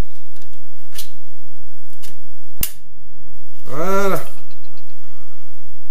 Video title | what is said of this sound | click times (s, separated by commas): 250 TE ! Comment faire l'entretien de la fourche! 2eme partie démontage des joints spi et vidange | Voilà. C'est clipsé. | 2.6 s